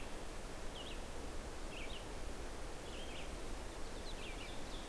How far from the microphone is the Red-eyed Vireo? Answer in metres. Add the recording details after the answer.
about 115 m. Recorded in boreal forest in Alberta, Canada, on 12 June 2016 at 05:45. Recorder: SongMeter 3, array SBT-3-18. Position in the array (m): 238 m, 100 m